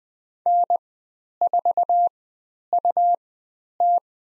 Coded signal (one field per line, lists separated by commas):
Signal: Morse code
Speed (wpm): 20 wpm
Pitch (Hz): 700 Hz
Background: none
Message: N4UT